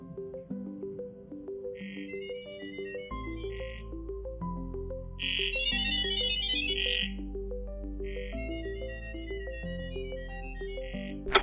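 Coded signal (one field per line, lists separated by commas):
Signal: data over sound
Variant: GGWave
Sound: three chirpy bursts of rapid, many-note electronic beeping over a soft melodic backing tune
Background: background music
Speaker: Працює це на основі GG Wave, спеціальної системи, що передає дані у вигляді біпів і шумів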